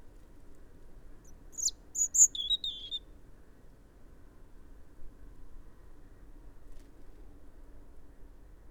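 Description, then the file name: European robin giving a brief cluster of high, thin, sharp chirps and tinkling notes for about two seconds, then only a low steady background rumble. "Erithacus rubecula"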